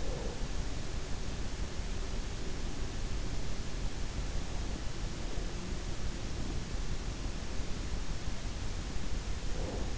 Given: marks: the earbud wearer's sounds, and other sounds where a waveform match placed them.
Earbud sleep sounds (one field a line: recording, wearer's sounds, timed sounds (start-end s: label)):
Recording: sounds in sleep by an in-ear microphone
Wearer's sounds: breath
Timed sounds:
0.00-0.43 s: breath
9.58-9.89 s: breath